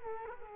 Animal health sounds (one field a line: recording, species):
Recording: mosquito wingbeat signal from an infrared sensor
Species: Culex quinquefasciatus